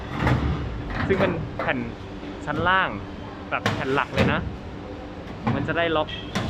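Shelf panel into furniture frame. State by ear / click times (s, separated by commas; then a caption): not seated / none. A shelf panel, the lower and main shelf pieces, is being handled into a furniture frame (model 3L-B3) while someone talks. A few soft knocks and handling sounds are heard, with a brief sharper bump around 5.5 seconds. Nothing has seated or locked yet.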